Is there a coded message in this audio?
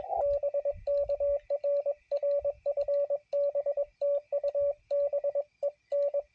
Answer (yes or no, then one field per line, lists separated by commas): yes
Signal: Morse code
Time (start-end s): 0.2-6.2 s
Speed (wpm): 21 wpm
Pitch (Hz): 570 Hz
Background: radio noise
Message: BK RR FB TU BEN